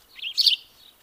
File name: Passer domesticus